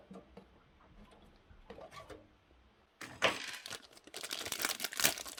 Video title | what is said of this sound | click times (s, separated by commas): Windows XP 20th Anniversary All New PC Build | The I/O shield snaps right in. Beautiful. | 5.0 s, 5.1 s